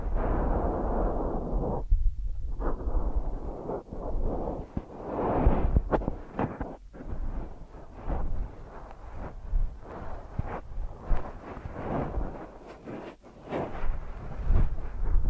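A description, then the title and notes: Deep ear massage: dense, muffled rubbing and rumbling that swells and fades in waves, mostly low and dull with little brightness. Short crackles and thumps cut through often, and brief near-silent gaps break the rubbing around two, seven and thirteen seconds. ASMR Deep Ear Massage for Sleep(No Talking).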